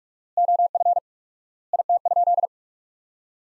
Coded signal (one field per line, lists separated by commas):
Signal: Morse code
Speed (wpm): 46 wpm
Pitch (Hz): 700 Hz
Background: none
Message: OF IT?